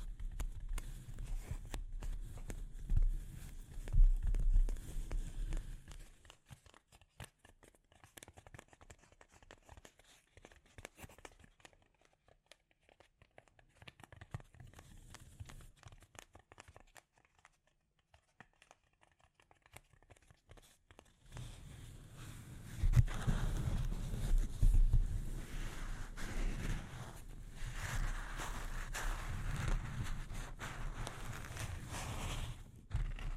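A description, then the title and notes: Delicate scratching and tapping on a microphone, with dense rustling scrapes and a heavy low rumble through the first six seconds. From about 6 to 21 seconds it turns sparse and quiet, with light ticks and taps. After 21 seconds, louder, thicker scratching returns and continues to the end. ASMR Delicate Mic Scratching and Tapping Triggers.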